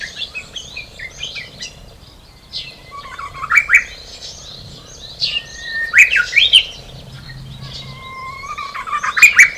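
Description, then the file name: Japanese bush warbler song: clear drawn-out whistles each closing in a sharp explosive phrase, three times, over a busy background of twittering birds. Recorded on 18 March 2016. "20160318 uguisu"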